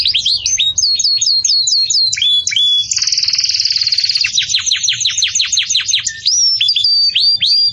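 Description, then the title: Canary song of repeated chirped phrases, a dense buzzing trill near the middle, then series of steep descending notes and rising whistles. Bell-like ('campainha') song of the Belgian canary, for teaching young chicks. "Belíssimo Canto Do Canário Belga Campainha Para Encarte De Filhotes"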